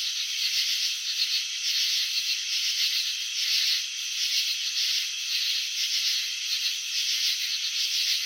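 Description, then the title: Crickets giving an unbroken high-pitched pulsing trill that wavers softly in strength over the whole stretch. Crickets filmed in slow motion while chirping, showing wing vibrations and antenna movements. "Crickets in Slow Motion. Capturing the Elegance of Chirping"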